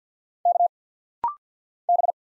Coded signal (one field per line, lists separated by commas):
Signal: Morse code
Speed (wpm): 50 wpm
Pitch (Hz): 700 Hz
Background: none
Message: K B